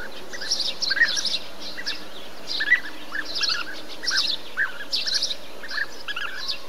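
Bee-eater calls: short rolled notes in loose groups, interleaved with bursts of higher twittering.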